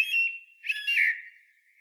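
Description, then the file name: Common blackbird giving a level whistled note that breaks into a rich fluty warble, then fades into a faint high trailing note. "Turdus merula"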